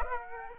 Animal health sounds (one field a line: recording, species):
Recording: mosquito wingbeat signal from an infrared sensor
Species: Aedes aegypti